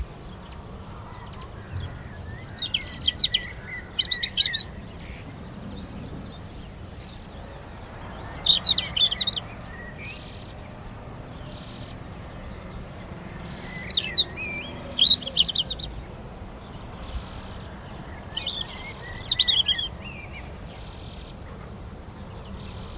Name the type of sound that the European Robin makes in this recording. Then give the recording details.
song. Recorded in the wild. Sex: male. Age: adult. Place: Lüdersdorf, Barnim, Brandenburg, DE. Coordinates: 52.9236, 14.0767. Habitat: open country. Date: 2006-04-15. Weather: overcast, 3°C, light to moderate westerly winds. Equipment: Marantz PMD 671, Sennheiser MKH 70, Popschutz. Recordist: Frommolt, Karl-Heinz